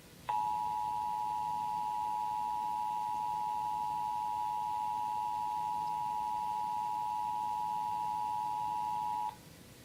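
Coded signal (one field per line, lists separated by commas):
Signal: Emergency Alert System (SAME) tones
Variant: 853 and 960 Hz attention tone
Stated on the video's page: New Mexico Required Monthly Test originated from one radio station and relayed to all state radio and TV stations, caught on a live stream.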